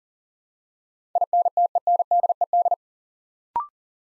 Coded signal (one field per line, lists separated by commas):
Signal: Morse code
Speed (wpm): 40 wpm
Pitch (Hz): 700 Hz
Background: none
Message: INTENDED